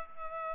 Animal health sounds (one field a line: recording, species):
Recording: mosquito wingbeat signal from an infrared sensor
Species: Culex pipiens